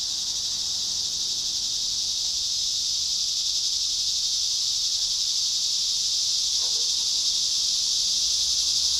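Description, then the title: Cicada chorus, a continuous shrill drone with a brief faint click late on. Recorded at Trinity. "neoscenes: cicadas at Trinity"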